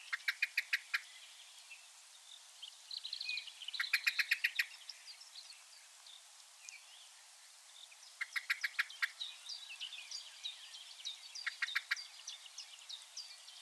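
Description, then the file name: Common blackbird giving bursts of sharp, metallic chinking notes in rapid series, four bursts spaced a few seconds apart, with other songbirds twittering and whistling behind. "Turdus merula"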